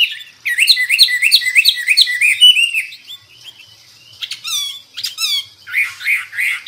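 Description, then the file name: Hwamei song: a quick run of rising whistled notes repeated about three times a second, then a short lull before sharp sweeping notes and rich slurred whistles. Described as an exceptional hwamei in full, energetic song (gacor). "Burung Hwamei Wambi wambie"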